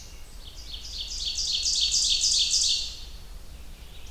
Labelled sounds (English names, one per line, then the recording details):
Ovenbird song
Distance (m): 20 m
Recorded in boreal forest in Alberta, Canada, on 30 June 2016 at 07:19
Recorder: SongMeter 3, array SBT-6-79
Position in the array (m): 45 m, 105 m
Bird 40